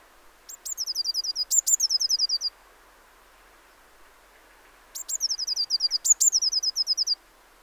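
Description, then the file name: Eurasian blue tit calling, a sharp high note followed by a fast run of slurred notes, given twice in a row, the whole sequence repeated about two and a half seconds later. "Cyanistes caeruleus"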